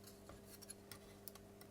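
A ribbon cable connector is pushed back into the front sync button and USB board of an Xbox Series X console after the sync button test failed, because it had not gone in fully. Several small ticks are heard over a steady low hum, with the sharpest click at 1.3 s as the connector seats fully home.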